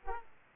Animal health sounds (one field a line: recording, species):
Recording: mosquito wingbeat signal from an infrared sensor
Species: Aedes aegypti